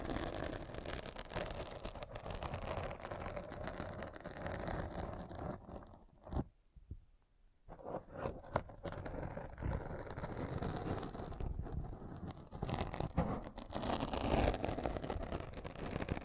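Dense scratching and rubbing, heavy and rumbling underneath with crackly, brighter bits on top. It drops almost to silence between about six and eight seconds, with a few faint clicks, then resumes and grows slightly brighter near the end.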